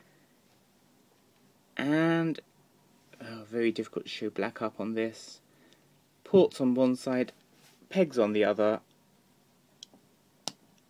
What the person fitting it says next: and the crotch snaps together